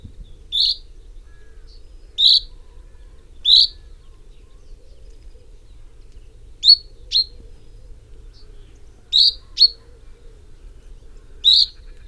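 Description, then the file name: Common chaffinch calling with bright, clipped 'pink' notes, some single and some doubled, repeated irregularly every one to three seconds. "Fringilla coelebs"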